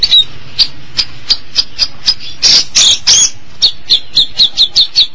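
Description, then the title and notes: Long-tailed Shrike producing rhythmic scratchy notes, with a loud drawn-out rasping burst in the middle, then quick clipped notes. Recorded March 2017. "Pentet 201703. Suara burung pentet"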